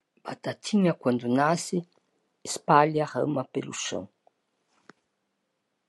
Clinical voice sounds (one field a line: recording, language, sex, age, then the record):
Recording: short text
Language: Brazilian Portuguese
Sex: female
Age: 70 to 79 years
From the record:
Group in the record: control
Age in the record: 71 years